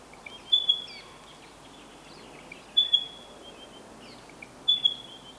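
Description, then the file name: Spotted pardalote calling: brief high piping notes, three phrases spaced roughly two seconds apart, over low steady background noise. "Pardalotus Punctatus"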